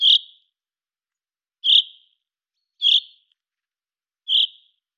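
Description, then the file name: Common chaffinch uttering four short, sharp, high call notes spaced roughly a second or more apart, with nothing else audible. "Fringilla coelebs"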